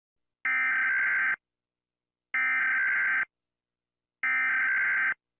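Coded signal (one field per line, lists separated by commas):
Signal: Emergency Alert System (SAME) tones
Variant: header bursts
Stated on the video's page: Collection of alarm sounds made by others, not the uploader's recordings.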